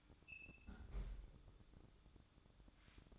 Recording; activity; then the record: daily activity, microphone in the room; close fridge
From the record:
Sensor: 3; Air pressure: 1007.7 hPa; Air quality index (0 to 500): 79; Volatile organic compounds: 1 ppm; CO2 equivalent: 673 ppm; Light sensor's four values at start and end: 13/30/12/13 and 13/30/12/13